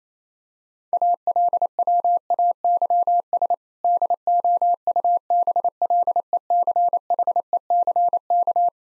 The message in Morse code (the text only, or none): ALWAYS DOUBLECHECK